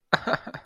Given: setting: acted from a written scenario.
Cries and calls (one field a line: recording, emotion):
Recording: vocal sound without words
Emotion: amusement